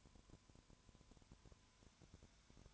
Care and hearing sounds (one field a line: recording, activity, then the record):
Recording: daily activity, microphone in the room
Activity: no activity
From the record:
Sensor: 2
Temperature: 20.3 degrees Celsius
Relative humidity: 33.7%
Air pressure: 1003.1 hPa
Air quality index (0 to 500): 82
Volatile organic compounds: 1 ppm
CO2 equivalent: 785 ppm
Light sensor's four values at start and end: 2/3/2/2 and 2/3/2/2